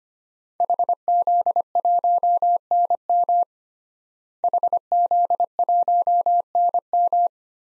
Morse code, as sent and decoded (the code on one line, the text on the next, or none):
.... --.. .---- -. -- / .... --.. .---- -. --
HZ1NM HZ1NM